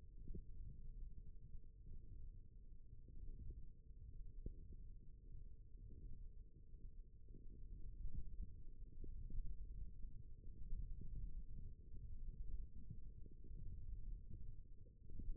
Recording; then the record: forearm muscle sounds (acoustic myography)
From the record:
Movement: index flexion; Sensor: system 1, eight BSWA MPA416 microphones around the upper forearm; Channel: 4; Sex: male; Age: 18 years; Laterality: right